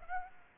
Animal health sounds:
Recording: mosquito wingbeat signal from an infrared sensor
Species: Aedes aegypti

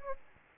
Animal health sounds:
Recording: mosquito wingbeat signal from an infrared sensor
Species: Anopheles gambiae

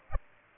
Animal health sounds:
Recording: mosquito wingbeat signal from an infrared sensor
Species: Aedes aegypti

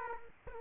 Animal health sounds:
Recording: mosquito wingbeat signal from an infrared sensor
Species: Aedes aegypti

